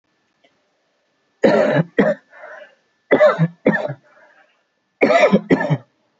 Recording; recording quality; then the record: heavy voluntary cough; moderate, slight background noise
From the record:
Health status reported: healthy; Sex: male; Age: 28 years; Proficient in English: yes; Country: India